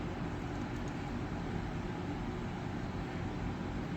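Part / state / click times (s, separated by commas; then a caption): crimped terminal pin into plastic wire connector housing / not seated / none. A crimped terminal pin is handled and oriented to line it up for insertion into a plastic Molex Micro-Fit connector housing for pump wiring. Only a steady, broadband noise with a low rumble is heard throughout, with no sudden sounds. The pin has not seated or clicked yet.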